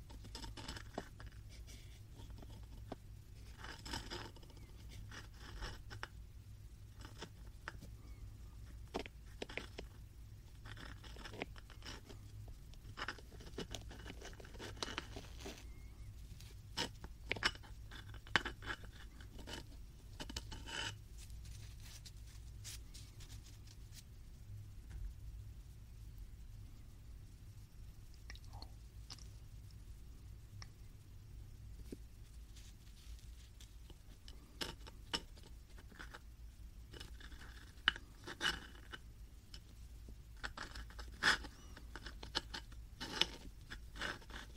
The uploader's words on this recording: 말린 마시멜로우 만지작, 두드리기. Dried marshmallow touching , tapping sound.